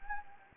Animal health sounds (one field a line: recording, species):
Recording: mosquito wingbeat signal from an infrared sensor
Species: Anopheles gambiae